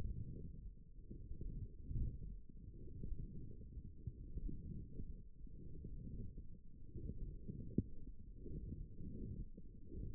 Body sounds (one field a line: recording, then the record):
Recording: forearm muscle sounds (acoustic myography)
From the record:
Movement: forearm supination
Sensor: system 1, eight BSWA MPA416 microphones around the upper forearm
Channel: 2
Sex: female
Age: 20 years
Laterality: right